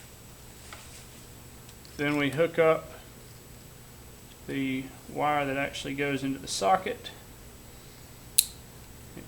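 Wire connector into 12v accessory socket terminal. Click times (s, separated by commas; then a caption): 8.4 s. A wire's plastic connector is pushed onto the back of a 12v accessory socket while someone talks. It seats with one loud, sharp click at 8.4 seconds.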